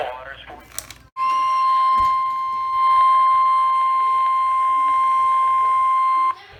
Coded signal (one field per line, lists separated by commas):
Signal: Emergency Alert System (SAME) tones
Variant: 1050 Hz attention tone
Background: speech